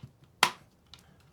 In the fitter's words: Wait till you hear the click and we're locked in, ready to go.